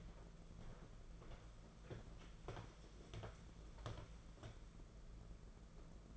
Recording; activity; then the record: daily activity, microphone in the room; walk to room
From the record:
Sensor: 5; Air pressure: 992.2 hPa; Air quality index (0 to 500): 212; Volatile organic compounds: 1000 ppm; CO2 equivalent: 6171 ppm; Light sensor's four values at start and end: 7/17/6/7 and 6/16/6/7